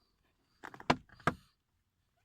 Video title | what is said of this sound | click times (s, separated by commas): BMW AUX Port Problem and Fix | you listen for an audible click and that's a quality confirmation that the | 0.9 s, 1.3 s